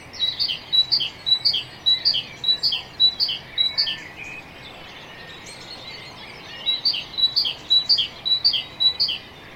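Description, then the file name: Great tit song in two runs of alternating high and lower notes, separated by a pause. "Parus major"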